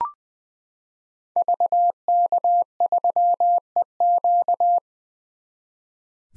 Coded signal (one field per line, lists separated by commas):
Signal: Morse code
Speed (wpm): 20 wpm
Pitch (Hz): 700 Hz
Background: none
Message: VK3EQ